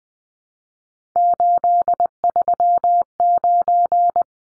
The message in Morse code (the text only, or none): 839